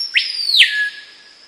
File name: piauhau hurleur